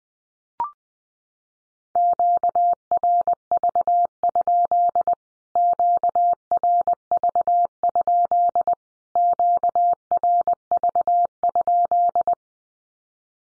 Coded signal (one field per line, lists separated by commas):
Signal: Morse code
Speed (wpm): 20 wpm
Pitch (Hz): 700 Hz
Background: none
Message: QRV? QRV? QRV?